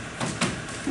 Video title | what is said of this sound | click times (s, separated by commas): Easy Assembly | It snaps right into the window that's already existing. | 0.4 s